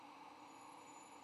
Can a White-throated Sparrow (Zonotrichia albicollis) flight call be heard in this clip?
no